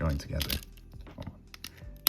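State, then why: Seated. Someone talks while pushing the plastic back tabs of a Transformers Studio Series 74 Bumblebee action figure together after a failed try, with faint handling rustles and small plastic ticks in between. A sharp, loud click at 2.1 s marks the tabs seating into each other.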